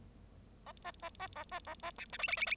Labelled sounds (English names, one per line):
Bengalese Finch song